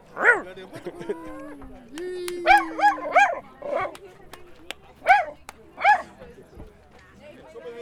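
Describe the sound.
A dog barks repeatedly in sharp, loud bursts, some coming in quick clusters of two or three, with a drawn-out whine early on and people talking underneath.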